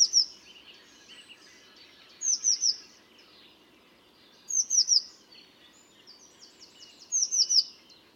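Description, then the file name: Eurasian blue tit repeating short groups of two or three high, sharp, downslurred notes roughly every two and a half seconds, with softer lower chattering notes between. "Cyanistes caeruleus"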